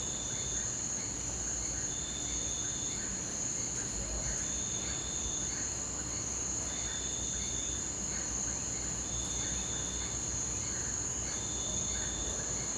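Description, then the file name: Cricket chorus as a strong, unbroken high trill with rapid pulsing, plus intermittent buzzy phrases and faint lower calls beneath. Rural night ambience recorded from inside a house; loud crickets. "Ambiencia rural a noite gravacao dentro de casa grilos fortes cigarras sapos cachorro longe"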